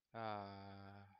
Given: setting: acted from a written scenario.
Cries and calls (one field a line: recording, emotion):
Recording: vocal sound without words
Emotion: contentment